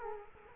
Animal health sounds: mosquito wingbeat signal from an infrared sensor; Culex quinquefasciatus

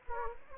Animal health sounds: mosquito wingbeat signal from an infrared sensor; Anopheles gambiae

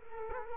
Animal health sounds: mosquito wingbeat signal from an infrared sensor; Culex quinquefasciatus

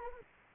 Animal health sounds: mosquito wingbeat signal from an infrared sensor; Anopheles arabiensis

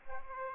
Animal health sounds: mosquito wingbeat signal from an infrared sensor; Aedes aegypti

